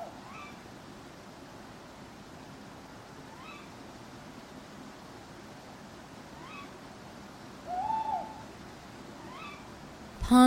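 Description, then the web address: Owl hoots, several faint rising calls repeated about every three seconds, then one stronger wavering hoot near the end, closing with a sharp sudden knock. Owls hooting at night in a churchyard. "birds backgrounds churchyard night owls hooting clock strike"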